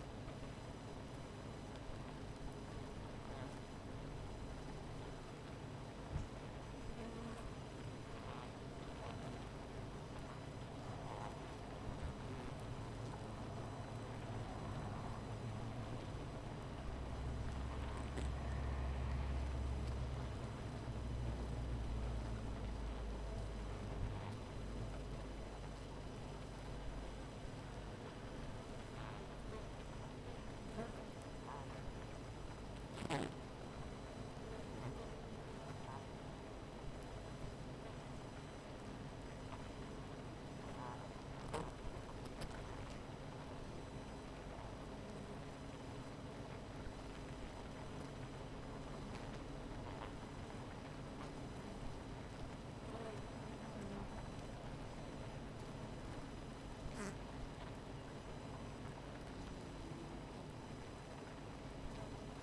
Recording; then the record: honeybee colony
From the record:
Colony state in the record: missing queen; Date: 14 July 2017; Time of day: 17:52